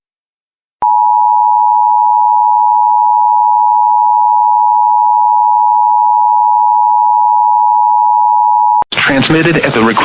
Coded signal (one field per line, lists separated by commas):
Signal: Emergency Alert System (SAME) tones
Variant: 853 and 960 Hz attention tone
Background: speech